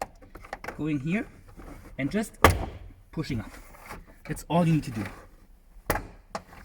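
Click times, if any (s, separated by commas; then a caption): 5.9 s, 6.4 s. Someone talks while pushing up on the plastic interior trim panel around the third brake light of a BRZ/86/FRS during a brake light lowering kit install. Two sharp clicks at 5.9 s and 6.4 s are the panel's plastic push-in clips popping out, leaving the trim panel loose.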